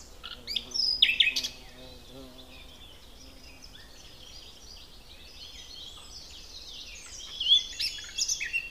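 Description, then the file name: Common nightingale song with a loud phrase of varied notes early on, a long quieter stretch, then another varied phrase late. "Luscinia megarhynchos"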